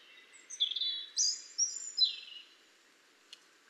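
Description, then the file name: European robin delivering a sweet, high, wavering phrase of thin whistles that rise and then drop, followed by quiet and a single faint tick. "Erithacus rubecula"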